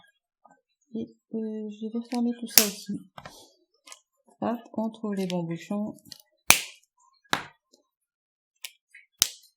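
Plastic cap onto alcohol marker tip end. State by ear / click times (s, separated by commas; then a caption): seated / 6.5 s, 7.3 s, 8.6 s, 9.2 s. Matching plastic caps are pressed back onto alcohol markers, each one snapping shut onto the marker body. After someone talks, sharp clicks come at 6.5, 7.3, 8.7 and 9.2 seconds, showing each cap is closed.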